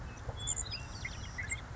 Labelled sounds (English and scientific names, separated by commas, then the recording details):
Savannah Sparrow (Passerculus sandwichensis)
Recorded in Sonoma County, California